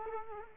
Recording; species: mosquito wingbeat signal from an infrared sensor; Culex quinquefasciatus